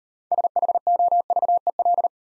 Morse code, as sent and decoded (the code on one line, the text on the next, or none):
... .... --- ...- . .-..
SHOVEL